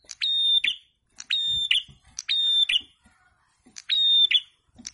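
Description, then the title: Prinia singing four strident, buzzy phrases, each a brief rasp followed by a sharp accent, separated by short silent gaps. In full song (gacor); a masteran training recording. "Prenjak kepala merah [prenjak atas] Gacor, lagu enak di dengar.. lawan auto nyaut"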